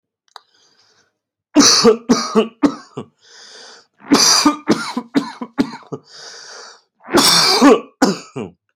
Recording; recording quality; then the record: heavy voluntary cough; excellent, no background noise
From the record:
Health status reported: healthy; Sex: male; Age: 37 years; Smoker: yes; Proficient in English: yes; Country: India